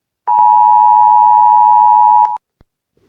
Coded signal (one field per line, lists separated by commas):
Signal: Emergency Alert System (SAME) tones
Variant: 853 and 960 Hz attention tone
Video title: Eas Mock Special Marine Warning